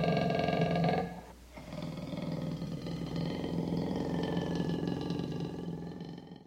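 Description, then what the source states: Leopard growling, a long rough low rumble with rapid pulsing, briefly pausing after the first second before continuing. Leopard roaring and growling in a cage.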